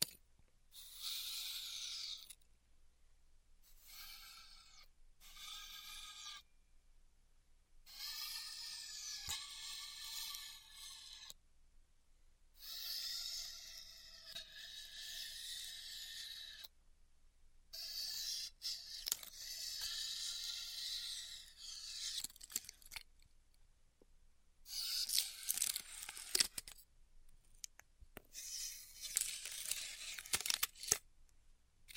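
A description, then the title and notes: Styrofoam is cut with a hot wire in squeaky, hissing strokes lasting a few seconds each, separated by short silences, growing busier near the end. ASMR Styrofoam Heat Cutting (No Talking).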